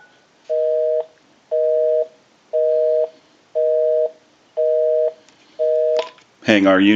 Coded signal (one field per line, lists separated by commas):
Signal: telephone call progress tone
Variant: North America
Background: speech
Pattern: busy tone